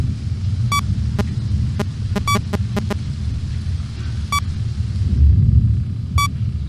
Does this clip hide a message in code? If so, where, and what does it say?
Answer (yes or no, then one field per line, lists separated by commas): no